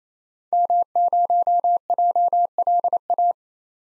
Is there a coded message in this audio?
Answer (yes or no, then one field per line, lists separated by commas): yes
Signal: Morse code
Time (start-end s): 0.5-3.3 s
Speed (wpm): 28 wpm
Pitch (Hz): 700 Hz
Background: none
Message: M0JLA